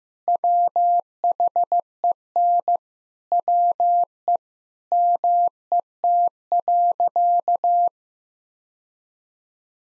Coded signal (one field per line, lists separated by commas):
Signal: Morse code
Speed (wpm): 15 wpm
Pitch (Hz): 700 Hz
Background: none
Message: WHEN WE MET.